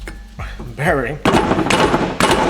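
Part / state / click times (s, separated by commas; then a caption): wheel bearing into rear hub / not seated / none. A new rear wheel bearing is being hammered into the steel rear hub of a Renault Clio, using the old bearing as a driver. Someone talks, then sharp broadband knocks land at about 1.7 s and 2.2 s. Nothing has seated or clicked yet.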